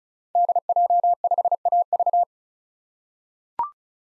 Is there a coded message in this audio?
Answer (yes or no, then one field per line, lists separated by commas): yes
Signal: Morse code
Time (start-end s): 0.4-2.2 s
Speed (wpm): 34 wpm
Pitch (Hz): 700 Hz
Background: none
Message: DJ5AV